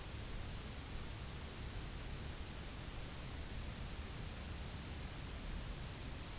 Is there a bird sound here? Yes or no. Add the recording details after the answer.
no. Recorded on Arctic tundra, site UTQI-0, on 11 June 2019. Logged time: 04:00